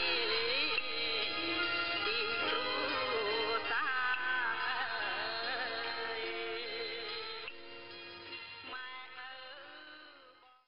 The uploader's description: Cambodia Music (male singing with ensemble and tro solo) heard on shortwave radio in Siem Reap, Cambodia